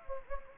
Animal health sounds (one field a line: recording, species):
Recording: mosquito wingbeat signal from an infrared sensor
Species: Anopheles gambiae